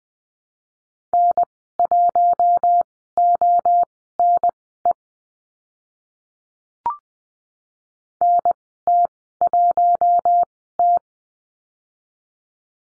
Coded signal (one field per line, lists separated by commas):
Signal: Morse code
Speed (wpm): 20 wpm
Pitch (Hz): 700 Hz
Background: none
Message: N1ONE NT1T